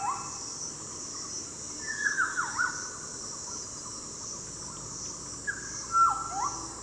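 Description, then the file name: Maroon oriole giving two separate mellow whistled phrases with swooping notes, a few seconds apart, over continuous shrill insect buzzing. "Patrik berg - Krovavaya ivolga Oriolus traillii"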